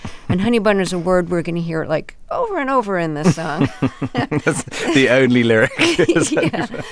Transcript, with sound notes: And honeybun is a word we're going to hear, like, over and over in this song.
(LAUGHTER)
The only lyric